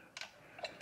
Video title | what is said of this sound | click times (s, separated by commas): How to Replace a Skidmore Pump Seal Kit | there you go locks | 0.2 s